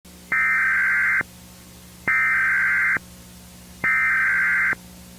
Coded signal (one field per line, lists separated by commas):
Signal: Emergency Alert System (SAME) tones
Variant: header bursts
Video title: Sharknado: EAS Scenario